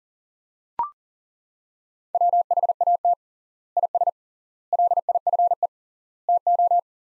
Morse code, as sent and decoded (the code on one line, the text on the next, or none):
.-- .... .- - / .. ... / .-.. .. ..-. . / - ---
WHAT IS LIFE TO